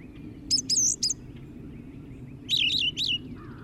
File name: suara kicauan brown thrasher